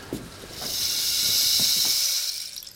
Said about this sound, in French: C'est un instrument de musique qui reproduit la pluie, le bruit de la pluie. Ouais. Ça, c'est d'Amazonie.